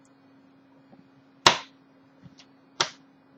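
A RAM stick is pressed into slot 3 of a motherboard DIMM slot, and the retention clips snap shut with two sharp clicks at 1.5 s and 2.8 s, with faint ticks in between. The module is seated.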